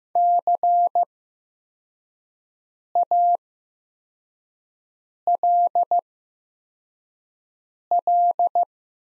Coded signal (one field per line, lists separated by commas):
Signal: Morse code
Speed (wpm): 15 wpm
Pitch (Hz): 700 Hz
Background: none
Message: CALL